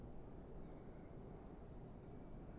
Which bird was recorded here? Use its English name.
Eurasian Blue Tit